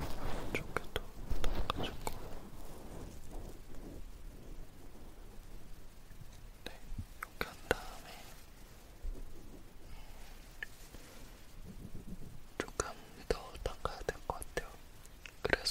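A stainless ear pick scrapes and taps during an ear cleaning and ear massage, giving sharp, bright clicks and crackles scattered irregularly throughout. Soft rubbing and rustling fill the gaps, with denser bursts of clicking around two seconds, seven to eight seconds, and after twelve seconds.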